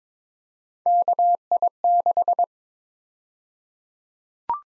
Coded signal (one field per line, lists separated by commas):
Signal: Morse code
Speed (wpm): 22 wpm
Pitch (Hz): 700 Hz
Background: none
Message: KI6